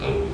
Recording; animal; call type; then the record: contact call of a hoofed animal; pig; closed-mouth grunt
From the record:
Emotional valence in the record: positive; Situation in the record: food and toys in familiar pen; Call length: 0.34 s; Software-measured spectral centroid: 1670 Hz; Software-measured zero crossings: 1260 a second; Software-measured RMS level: -24 dBFS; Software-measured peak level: -12 dBFS